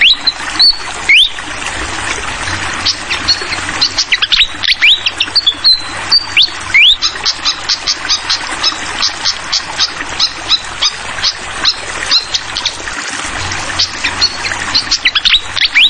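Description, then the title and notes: Malaysian pied fantail song: quick upslurred whistles and rapid high chirps in long runs. Clear song mixed with the sound of trickling water, used as masteran tutoring audio for songbirds. "Masteran Sikatan Kipas Suara Jernih Dan Suara Gemericik Air. Suara Burung Sikatan Londo"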